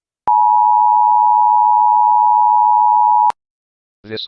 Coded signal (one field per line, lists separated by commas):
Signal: Emergency Alert System (SAME) tones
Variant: 853 and 960 Hz attention tone